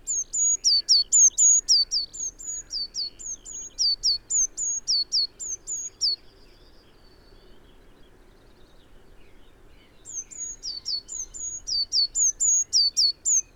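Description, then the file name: Eurasian blue tit delivering two bursts of rapid, high, thin notes, flat and down-slurred in turn; about four seconds of quiet separate them. "Cyanistes caeruleus"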